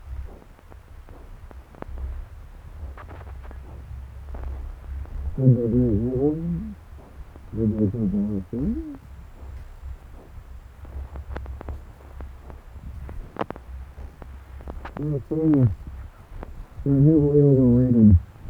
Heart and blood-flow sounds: Doppler ultrasound of blood flow; left subclavian vein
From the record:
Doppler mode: continuous wave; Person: adult scuba diver, at rest before a dive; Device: O'Dive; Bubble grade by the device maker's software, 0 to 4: 0

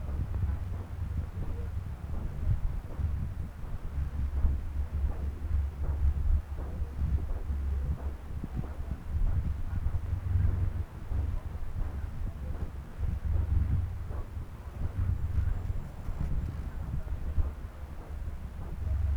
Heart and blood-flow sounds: Doppler ultrasound of blood flow; right subclavian vein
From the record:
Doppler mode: continuous wave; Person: adult scuba diver, at rest before a dive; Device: O'Dive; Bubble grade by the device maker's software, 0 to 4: 0

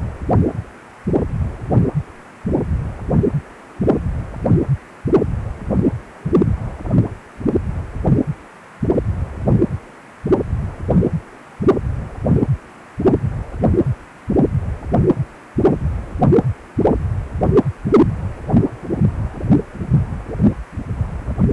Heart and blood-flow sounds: Doppler ultrasound of blood flow; precordium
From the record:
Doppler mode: continuous wave and pulsed wave in the uncut recording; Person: healthy adult, 18 to 50 years, no heart murmur, not diving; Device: 2.5 MHz transducer

